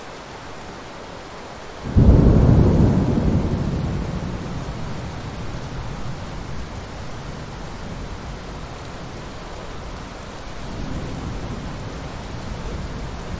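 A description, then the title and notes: Steady rain hisses throughout, an even wash of fine drops. Near the two-second mark a deep roll of thunder breaks in and slowly fades over several seconds, and a softer rumble returns around the eleventh second. Rain and Thunder Sounds for Serene Ambience. Soothing rain, gentle thunder.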